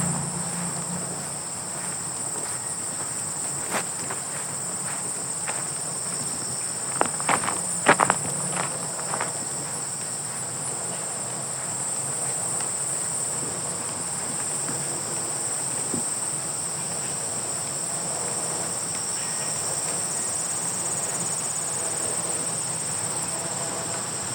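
Grasshoppers buzz in a steady, high, continuous band through the whole recording, with a second thinner whine just below it. A few crisp crunching steps on gravel break through around seven to nine seconds, with fainter ticks near four and sixteen seconds over a quiet low outdoor hush.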